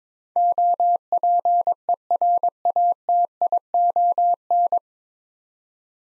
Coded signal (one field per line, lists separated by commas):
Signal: Morse code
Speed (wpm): 21 wpm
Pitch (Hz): 700 Hz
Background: none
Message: OPERATION